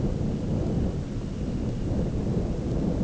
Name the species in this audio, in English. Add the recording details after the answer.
Dunlin. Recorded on Arctic tundra, site ZACK-1, on 9 June 2019. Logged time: 13:49